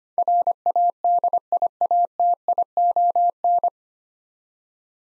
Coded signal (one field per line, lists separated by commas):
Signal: Morse code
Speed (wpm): 25 wpm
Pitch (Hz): 700 Hz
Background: none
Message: RADIATION